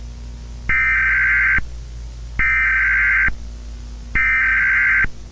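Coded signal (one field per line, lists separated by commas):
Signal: Emergency Alert System (SAME) tones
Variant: header bursts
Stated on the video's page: Fictional EAS scenario, not a real alert.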